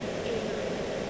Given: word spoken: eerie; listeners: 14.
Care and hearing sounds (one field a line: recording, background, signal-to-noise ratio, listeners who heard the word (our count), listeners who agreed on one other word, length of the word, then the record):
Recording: one English word in noise, from a listening test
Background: speech-shaped noise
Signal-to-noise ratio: -6.1 dB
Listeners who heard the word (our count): 0 of 14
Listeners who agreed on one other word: 6 of 14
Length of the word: 0.70 s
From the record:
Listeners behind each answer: 6, 1, 1, 1, 1, 1, 1, 1, 1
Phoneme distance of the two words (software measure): 55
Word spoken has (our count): 2 syllables, 3 phonemes, stress on syllable 1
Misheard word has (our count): 3 syllables, 8 phonemes, stress on syllable 1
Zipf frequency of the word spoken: 3.30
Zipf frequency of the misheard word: 3.38